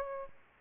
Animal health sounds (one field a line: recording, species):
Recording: mosquito wingbeat signal from an infrared sensor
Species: Aedes albopictus